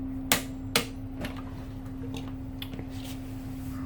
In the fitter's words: quand la clé dynamométrique émet le clic on s'arrête cela signifie qu'on a atteint le bon couple de serrage,